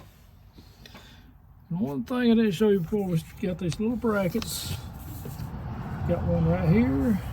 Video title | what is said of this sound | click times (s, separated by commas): P0304 engine misfire | all right we've got spark plug wire back on you want to push down until you hear the snap | 0.9 s